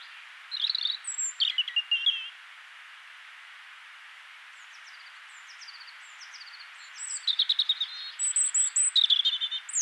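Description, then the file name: European robin song with a twittering phrase, a quiet pause, then a longer run of rapid, descending high notes and squeaky warbles, set against a steady hiss. "Erithacus rubecula"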